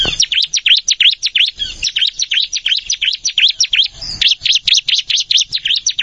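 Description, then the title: Plain prinia song of rapid high, sharp notes repeated continuously, briefly interrupted by soft rustling noise around two and four seconds. "Ciblek Sawah"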